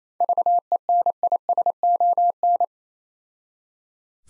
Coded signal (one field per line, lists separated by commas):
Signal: Morse code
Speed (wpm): 28 wpm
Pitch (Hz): 700 Hz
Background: none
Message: VENISON